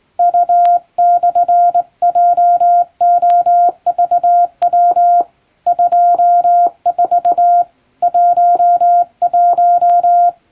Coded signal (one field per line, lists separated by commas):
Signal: Morse code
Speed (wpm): 21 wpm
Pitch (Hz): 700 Hz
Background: none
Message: U/JOVW 24 11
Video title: Morse Code! Straight key! English Morse test in Japan. This is Practice video for Radio Operator.